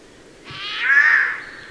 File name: Garrulus glandarius